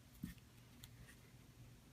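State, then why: Seated. A plastic safety-eye backing is pushed onto the eye's post through the loomed band body of a plush toy until it locks in place. Small clicks are heard at 0.4 s and 0.8 s as it seats, over a low background hum.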